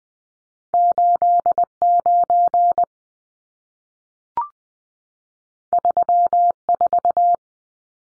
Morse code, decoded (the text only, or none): 89 34